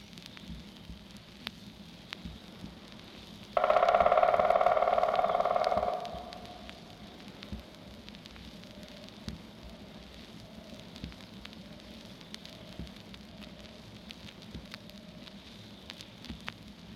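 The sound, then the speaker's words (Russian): A black woodpecker (zhelna) drums once in a forest: a loud, very rapid roll of knocks lasting about two and a half seconds, fading slightly at the end, followed by a long stretch of quiet background. “В лесу бьет барабан. И такой громкой, удалой. Кто же барабанщик? Да большой черный дятел, желна.”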